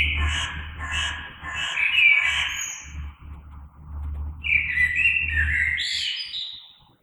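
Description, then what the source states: Common blackbird singing mellow, slurred whistles followed by a phrase with a high twittering finish, low rumble underneath. Recorded 3 March 2020.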